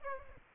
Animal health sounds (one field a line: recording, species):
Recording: mosquito wingbeat signal from an infrared sensor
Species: Aedes aegypti